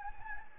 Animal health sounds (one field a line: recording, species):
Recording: mosquito wingbeat signal from an infrared sensor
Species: Anopheles gambiae